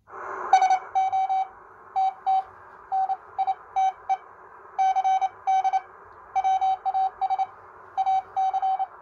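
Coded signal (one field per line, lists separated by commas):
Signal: Morse code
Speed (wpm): 28 wpm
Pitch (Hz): 760 Hz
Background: none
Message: SO TT NITE CD WAS AC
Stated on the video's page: Morse code from a homemade transceiver assembled from assorted spare parts.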